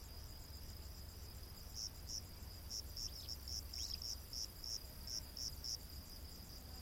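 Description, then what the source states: Cricket chirps in rapid high pulses over a faint continuous buzz, with a couple of thin falling whistled notes in the middle. Rainforest at night.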